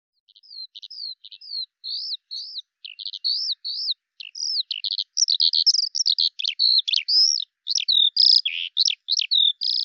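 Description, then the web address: Bird twittering with a quick, uneven stream of short high chirps and slurred notes that grows denser and louder toward the end; no other sounds. "Deverinetal 2025 File cleaned normalized Bird Al Ar"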